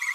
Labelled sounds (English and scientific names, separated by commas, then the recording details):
Green-rumped Parrotlet (Forpus passerinus) babbling
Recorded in a nest box in Venezuela
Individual 18B25A4